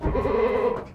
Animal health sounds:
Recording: contact call of a hoofed animal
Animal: goat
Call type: low-frequency (closed-mouth) or high-frequency (open-mouth) call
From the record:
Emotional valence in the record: positive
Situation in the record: food anticipation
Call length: 0.95 s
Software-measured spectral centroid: 1060 Hz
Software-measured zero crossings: 1120 a second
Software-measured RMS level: -24 dBFS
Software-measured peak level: -11 dBFS

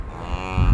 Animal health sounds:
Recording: contact call of a hoofed animal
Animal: cattle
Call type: low-frequency (closed-mouth) or high-frequency (open-mouth) call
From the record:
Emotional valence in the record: negative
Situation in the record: full separation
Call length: 0.74 s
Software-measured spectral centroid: 1260 Hz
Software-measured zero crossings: 1070 a second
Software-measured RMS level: -21 dBFS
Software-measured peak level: -5 dBFS

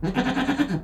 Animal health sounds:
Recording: contact call of a hoofed animal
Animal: goat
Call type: low-frequency (closed-mouth) or high-frequency (open-mouth) call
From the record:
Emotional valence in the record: negative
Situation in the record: food frustration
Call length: 0.84 s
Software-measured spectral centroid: 1740 Hz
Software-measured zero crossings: 1220 a second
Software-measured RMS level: -24 dBFS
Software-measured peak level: -10 dBFS

